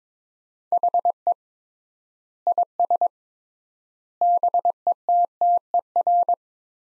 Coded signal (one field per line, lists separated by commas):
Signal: Morse code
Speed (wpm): 21 wpm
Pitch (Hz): 700 Hz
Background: none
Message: HE IS BETTER